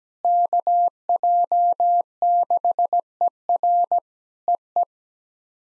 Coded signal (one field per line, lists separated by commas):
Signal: Morse code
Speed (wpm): 17 wpm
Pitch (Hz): 700 Hz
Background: none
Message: KJ6ER EE